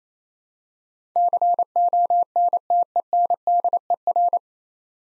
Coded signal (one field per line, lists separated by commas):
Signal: Morse code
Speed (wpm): 27 wpm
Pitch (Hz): 700 Hz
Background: none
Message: CONTENDER